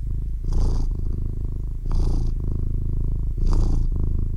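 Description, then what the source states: Domestic cat purr, a deep steady rumble swelling with each breath, three louder breathy pulses about every one and a half seconds. Baby kitten purring.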